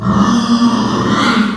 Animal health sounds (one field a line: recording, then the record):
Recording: squeal of a Yucatan mini pig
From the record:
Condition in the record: after surgery on the right vocal fold (resection and tissue-engineered implant)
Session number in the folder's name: 16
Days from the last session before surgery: 183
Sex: female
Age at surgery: 19 weeks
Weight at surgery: 25 kg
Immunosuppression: prednisolone